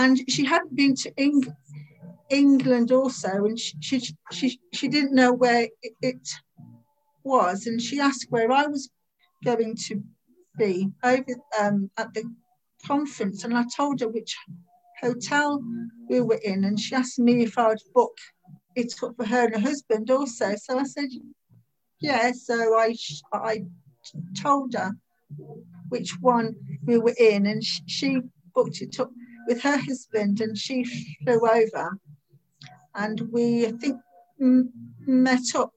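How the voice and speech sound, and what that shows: Adult woman narrating with repeated 'she-she-she' and 'so-so', drawn-out sounds and pauses: stuttered speech. She has stammered since about age 3; it was very bad in her youth, is easier to manage now, and still worsens when she is anxious.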